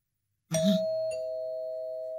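A single two-tone doorbell chime rings out, a bright strike followed by a second lower tone that hangs and sustains steadily with no voices around it.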